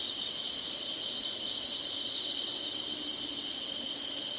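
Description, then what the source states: Insects in a dense, steady high-pitched chorus of continuous buzzing. Summer.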